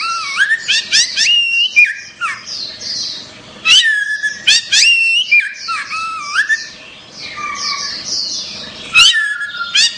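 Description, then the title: Orange-headed thrush in full song, mixing loud slurred whistles, quick chatter and sharp squeaky notes in varied repeated phrases. "Anis Merah"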